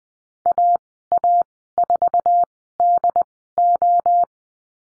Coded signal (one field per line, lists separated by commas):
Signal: Morse code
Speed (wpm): 20 wpm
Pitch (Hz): 700 Hz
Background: none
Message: AA4DO